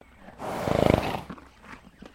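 Horse snorting: one forceful, breathy blow with a fluttering nostril rattle through the middle, then fading, with a few soft noises afterward.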